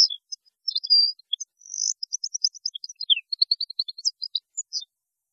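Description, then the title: European goldfinch song: a fast chattering series of bright tinkling notes with a falling note, over a quiet background. "Chant Chardonneret"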